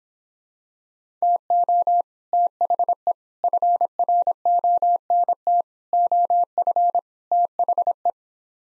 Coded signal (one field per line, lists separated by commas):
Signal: Morse code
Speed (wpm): 26 wpm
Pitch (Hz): 700 Hz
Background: none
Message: TO THE FRONT OF THE